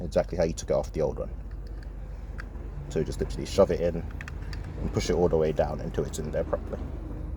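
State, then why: Not seated. Someone talks while the wiring plug is being pushed into the socket of a new dynamic indicator unit for a VW Polo 6R/6C side mirror, with a few faint handling ticks around 1.5–2.4 seconds. Nothing has seated or clicked yet.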